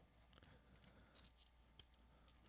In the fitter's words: there you go they just kind of snap in